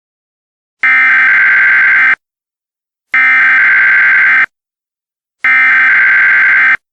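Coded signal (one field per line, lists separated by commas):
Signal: Emergency Alert System (SAME) tones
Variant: header bursts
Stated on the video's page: Fictional EAS scenario.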